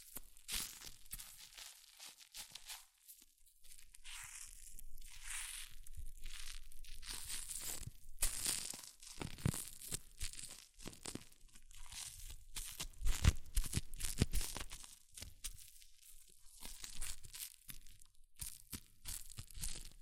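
Hair mousse fizzes and crackles in a dense, hissy crinkle that rises and falls in soft swells through the clip. Sharp crackly pops and snaps stand out around the middle, near eight to fourteen seconds, then the fizzing settles into quieter, uneven bursts.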